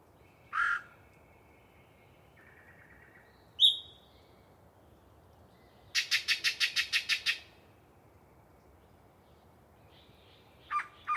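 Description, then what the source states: Yellow-breasted chat song: sparse separated phrases, a harsh burst, a thin whistle, then a quick series of about eight rattling notes, and two clipped notes at the end. Pre-dawn, a particularly chatty bird giving a long soliloquy from deciduous cover.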